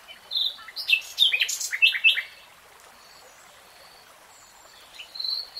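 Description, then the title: Nightingale song: a burst of varied, rich chirps and slurred notes, then a pause before a few brief high notes return. "[Tiếng chim hót] REALTIME Nightingale Singing"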